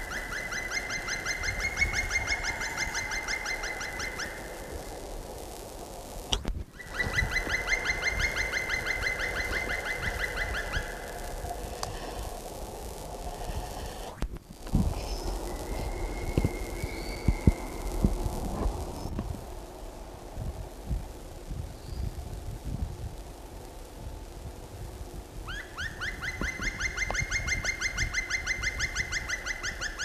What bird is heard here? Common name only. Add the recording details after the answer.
Black Woodpecker. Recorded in the wild. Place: Häsle, Baden-Württemberg, DE. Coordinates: 48.9953, 10.2189. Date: 1966-02-22. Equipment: Uher Report 4000, AKG D190. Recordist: Krey, Winfried